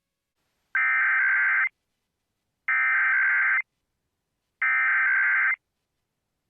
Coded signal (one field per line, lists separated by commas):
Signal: Emergency Alert System (SAME) tones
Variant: header bursts